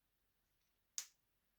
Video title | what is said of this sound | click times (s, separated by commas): Model #40 Episode 5: Assembling the Remington Steele Auburn | good that was a nice satisfying snap it seemed to go in well | 1.0 s